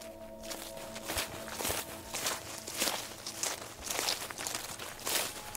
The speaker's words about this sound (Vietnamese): Thế nhưng vừa chạy được một đoạn lại nghe tiếng loẹt quẹt loẹt quẹt, là tiếng bước chân ở đằng sau ra đến tận ngoài đường.